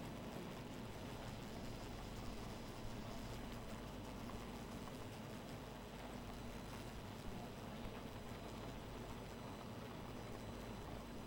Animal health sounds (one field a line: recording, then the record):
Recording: honeybee colony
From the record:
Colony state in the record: missing queen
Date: 14 July 2017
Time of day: 2:10